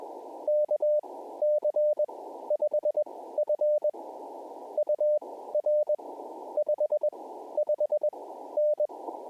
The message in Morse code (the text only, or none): KC5F UR 55N